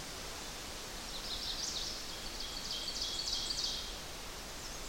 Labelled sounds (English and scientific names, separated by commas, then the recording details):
Ovenbird (Seiurus aurocapilla) song
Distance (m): 35 m
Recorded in boreal forest in Alberta, Canada, on 8 June 2016 at 05:53
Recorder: SongMeter 3, array SBT-3-9
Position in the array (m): 108 m, 104 m
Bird 34